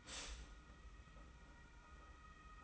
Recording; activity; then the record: daily activity, microphone in the room; stop toaster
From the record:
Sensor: 1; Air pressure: 991.7 hPa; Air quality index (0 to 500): 171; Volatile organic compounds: 1000 ppm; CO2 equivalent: 6461 ppm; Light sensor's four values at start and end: 32/107/41/42 and 32/107/41/42